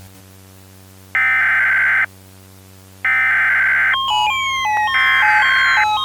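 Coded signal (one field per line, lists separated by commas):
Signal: Emergency Alert System (SAME) tones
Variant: header bursts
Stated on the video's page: Simulated EAS alert in a fictional scenario.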